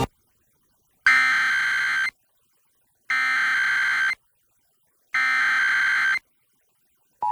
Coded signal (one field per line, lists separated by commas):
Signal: Emergency Alert System (SAME) tones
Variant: header bursts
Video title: EAS #1051-1052: 2 EAS Required Monthly Tests- Feb. 5, 2025- 12:15AM PST